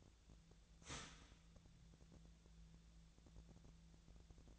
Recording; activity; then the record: daily activity, microphone in the room; start toaster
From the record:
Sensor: 3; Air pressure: 1009.3 hPa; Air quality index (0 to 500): 198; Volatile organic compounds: 16 ppm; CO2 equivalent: 2559 ppm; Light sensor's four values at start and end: 32/80/34/36 and 32/80/34/36